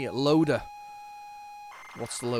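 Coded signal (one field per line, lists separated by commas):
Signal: ZX Spectrum tape loading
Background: speech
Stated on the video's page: ZX Spectrum tape of unknown contents, possibly with tape errors, rewinding and fast forwarding.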